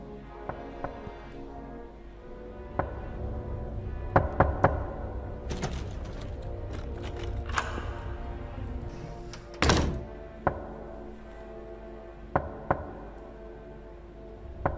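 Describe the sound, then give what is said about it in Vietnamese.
Loud, hollow thuds strike a wooden door at night in irregular bursts, some in quick clusters of two or three, others spaced apart, over a low steady rumble with no voices. “Tiếng gõ cửa dồn dập không ngừng.”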